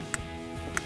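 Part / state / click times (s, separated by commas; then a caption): spark plug wire boot onto ignition coil pack terminal / seated / 0.1 s, 0.8 s. A spark plug wire boot is pushed onto the ignition coil pack terminal of a 2014-2018 V8 Silverado 1500, before the coil is mounted, as part of a 17-piece ignition kit install. Two sharp clicks sound at 0.1 s and 0.8 s over a low steady background hum. The boot is confirmed fully seated after the second click.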